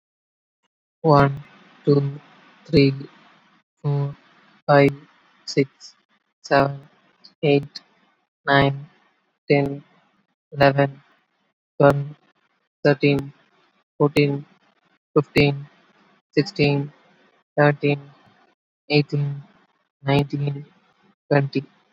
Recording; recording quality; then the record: counting at a normal pace; excellent, no background noise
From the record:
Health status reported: exposed to COVID-19, no respiratory illness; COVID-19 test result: not tested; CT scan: not taken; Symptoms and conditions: none ticked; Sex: male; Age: 24 years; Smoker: no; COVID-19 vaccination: both doses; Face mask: worn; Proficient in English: yes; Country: India